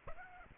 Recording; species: mosquito wingbeat signal from an infrared sensor; Aedes aegypti